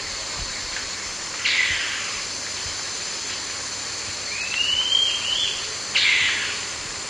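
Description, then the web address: Harlequin antbird: a short burst near the start, a thin rising whistle sliding upward midway, then a brief sharp note near the end, over steady hiss. Recorded in the eastern lowlands of South America; includes subsong and call. "Natures Songs S America Eastern Lowlands Rhegmatorhina melanosticta, subsong and call"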